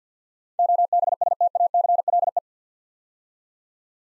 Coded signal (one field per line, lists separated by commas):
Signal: Morse code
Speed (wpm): 52 wpm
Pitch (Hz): 700 Hz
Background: none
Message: OBSTACLE